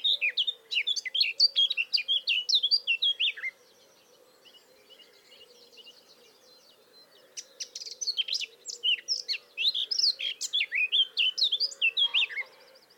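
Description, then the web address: Eurasian blackcap song in two bursts: a quick, varied warble of chirps and clear whistles, a quiet gap of a few seconds, then a longer warbled phrase, with a soft steady hum beneath. "SETE data Sylvia atricapilla"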